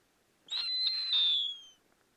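Snowy owl screech: one harsh, high whistled scream about a second long, holding steady, then trailing off with a slight downward slur.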